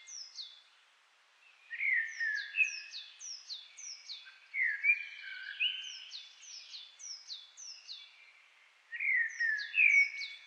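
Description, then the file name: Common blackbird song: repeated mellow fluted phrases, each trailing into a series of high squeaky twittering notes, sung almost continuously. "Turdus merula"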